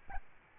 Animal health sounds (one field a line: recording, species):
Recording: mosquito wingbeat signal from an infrared sensor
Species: Aedes albopictus